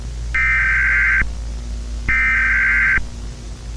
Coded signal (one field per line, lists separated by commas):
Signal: Emergency Alert System (SAME) tones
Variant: header bursts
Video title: MUTANT TORNADO| EAS Scenario